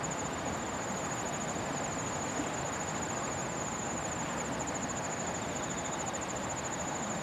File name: 150928-173405 kawarasuzu